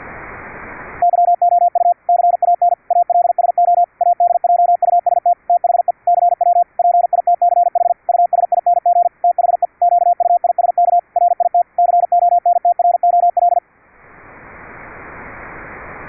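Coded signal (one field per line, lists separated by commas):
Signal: Morse code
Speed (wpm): 50 wpm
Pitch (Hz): 700 Hz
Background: radio noise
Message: YOU CAN ALSO ADJUST THE CW PITCH USING THE QUISK RIT CONTROL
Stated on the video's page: CW sent over internet on a Mumble server at simulated 10 kHz VLF, received with QUISK SDR using adjustable pitch, AGC and CW bandpass filters.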